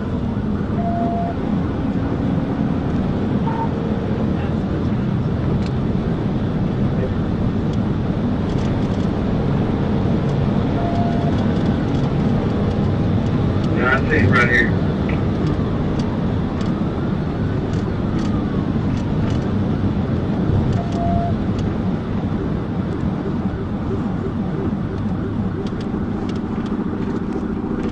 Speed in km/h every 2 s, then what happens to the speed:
163, 171, 172, 177, 184, 190, 190, 182, 174, 172, 159, 155, 132, 109.
0-12 speeds up to 190. 12-28 brakes to 109.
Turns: none.